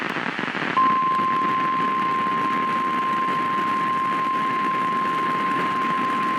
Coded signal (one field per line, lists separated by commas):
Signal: Emergency Alert System (SAME) tones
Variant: 1050 Hz attention tone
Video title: Flash Flood Warning and Severe Thuderstorm Warning Missouri Double Header EAS 4/17/26